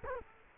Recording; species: mosquito wingbeat signal from an infrared sensor; Culex quinquefasciatus